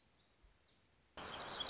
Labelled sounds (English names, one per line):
Black-throated Gray Warbler